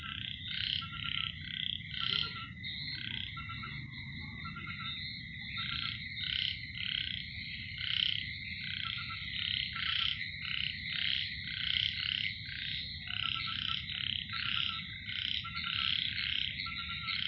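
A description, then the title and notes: A dense chorus of frogs calls without pause, their bright, rasping croaks pulsing together in a steady rhythm about once a second, swelling and easing as they sync up. A continuous low rumble, like rain or wind, fills the background throughout. Tavakalai symphony. Frogs in sync monsoons.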